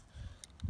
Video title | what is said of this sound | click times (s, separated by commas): Manual 4WD and Diff Lock Lever for Kawasaki Brute Force, Prairie | you push it down it locks in nice and on | 0.4 s